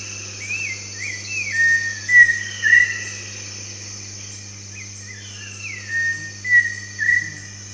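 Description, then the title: Pheasant cuckoo whistling: sliding notes that dip and rise, grouped in short phrases repeated a few seconds apart, with a continuous shrill insect chorus behind. "LuckyPassaro Completos2Sama. Pheasant Cuckoo (Dromococcyx phasianellus)"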